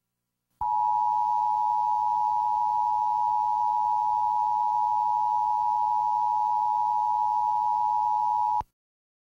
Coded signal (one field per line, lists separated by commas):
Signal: Emergency Alert System (SAME) tones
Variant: 853 and 960 Hz attention tone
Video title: EAS #91 - Flash Flood Warning: London Mills, Illinois